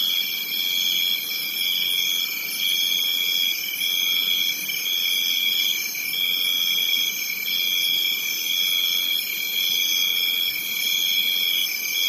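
Crickets trilling steadily at high pitch, a brighter note repeating in even pulses about once a second throughout.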